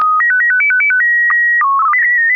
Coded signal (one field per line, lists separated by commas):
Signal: SSTV (slow-scan television)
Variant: PD 120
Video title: N6NA SSTV Net - 03/26/2025